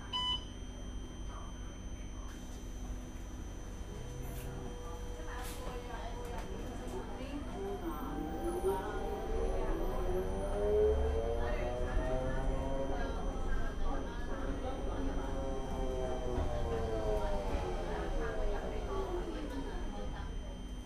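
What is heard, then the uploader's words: Riding inside a city bus, a steady low engine rumble fills the cabin while voices murmur throughout. From about seven seconds a rising and falling whine sweeps up and back down as the bus accelerates, then eases near sixteen seconds, with faint electrical tones lingering. MUNI Bus Ride in San Francisco. Listen to the sounds of a bus ride on MUNI in San Francisco.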